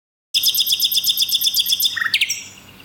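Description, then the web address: Bird giving a fast, bright trill of evenly repeated high chirps for about a second and a half, then a few different notes before it fades. "Chika Pengusir-Hama-Burung-Otomatis. bird Recording 12"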